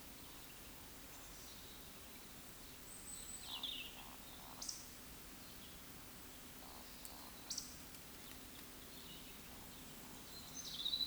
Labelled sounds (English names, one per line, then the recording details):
Eurasian Woodcock whistle
Eurasian Woodcock croak
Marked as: croak, whistle, croak, whistle, croak, whistle, croak, whistle
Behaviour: display flight
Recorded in Baden-Württemberg, Germany, on 16 June 2021 at 20:00 UTC
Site 18672, 474 m above sea level